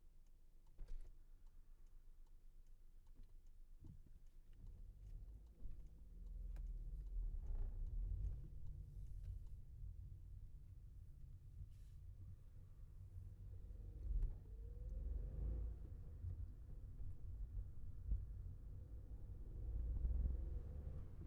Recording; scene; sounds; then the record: everyday scene through a hearing-aid microphone; in a vehicle; engine, traffic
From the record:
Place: Skoda Fabia, gasoline engine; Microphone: behind the ear, left, rear